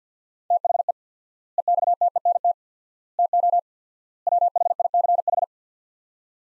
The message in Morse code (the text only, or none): THE EXTENT TO WHICH